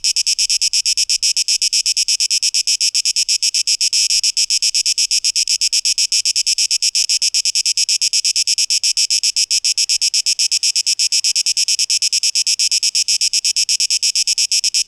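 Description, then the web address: Cicada song: a continuous shrill buzz, chopped into fast regular pulses throughout. 12 August 2023; tape echo mix. "rauschpartikel 2023-08-12 Zikaden"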